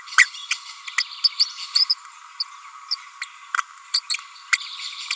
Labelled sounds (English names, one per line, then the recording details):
Green-rumped Parrotlet babbling
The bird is a female
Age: 30 days
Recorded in a nest box in Venezuela
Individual 17B42A4